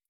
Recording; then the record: hydrophone in a shrimp aquaculture tank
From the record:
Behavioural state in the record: stressed